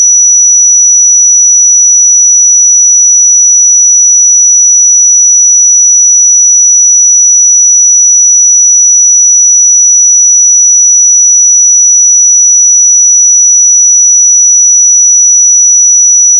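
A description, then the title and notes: A pure sine tone holds at 5890 Hz, high and thin, with no change in pitch or loudness for the full sixteen seconds. Nothing else sounds around it; the tone is perfectly steady and the background is silent. 5890 Hz 1 Hz Interval Sine Pure Tone Frequency 441000 Sample Mono.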